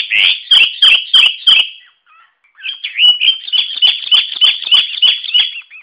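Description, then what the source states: Sooty-headed bulbul song: a quick series of loud chirped notes, a brief pause, then another rapid run of repeated chirps, about three per second. Vigorous, continuous song.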